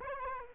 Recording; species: mosquito wingbeat signal from an infrared sensor; Aedes albopictus